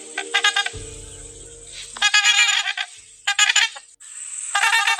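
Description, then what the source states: Trumpeter swan duet: bursts of nasal, horn-like trumpeting notes separated by short pauses. Trumpeter swans calling as a duet, a call described as the sound of love and fidelity.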